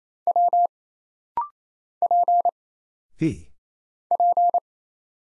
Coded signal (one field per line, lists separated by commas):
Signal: Morse code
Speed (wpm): 27 wpm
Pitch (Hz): 700 Hz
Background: none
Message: W P P